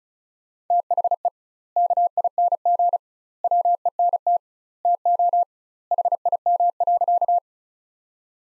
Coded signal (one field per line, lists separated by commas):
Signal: Morse code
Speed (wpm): 34 wpm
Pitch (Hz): 700 Hz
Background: none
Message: THE KING WENT TO HIM.